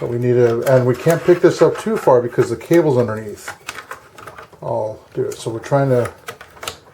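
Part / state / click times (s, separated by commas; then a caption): plastic top cover clips on a laptop chassis / released / 6.7 s. Someone talks while carefully prying the plastic top cover of a Dell Inspiron M5030 laptop upward, not lifting it too far because of the cables underneath, with small clicks and snaps from the clips along the chassis. At 6.7 s a sharp click sounds as the top cover pops free of the laptop chassis, confirmed dislodged.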